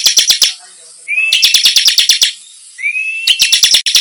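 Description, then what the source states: Bar-winged prinia song: bursts of rapid, sharp, buzzy repeated notes, the later ones introduced by a short rising whistle, with quiet gaps between. Song described as gacor (singing persistently) and nembak (rapid-fire bursts).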